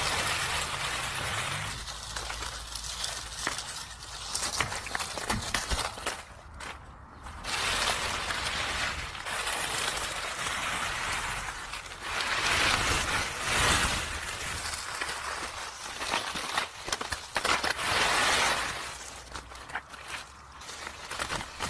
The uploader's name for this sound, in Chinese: 踩落叶的声音